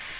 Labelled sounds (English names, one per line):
Magnolia Warbler flight call